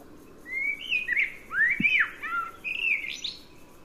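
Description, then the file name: Common blackbird with a melodious, slurred whistled song, notes swooping down and up, closing with a thin high flourish. "Turdus merula"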